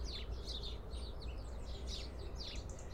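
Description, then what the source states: House sparrows giving quick, overlapping chirps in uneven bursts, with a steady low hum underneath. Heard in a garden.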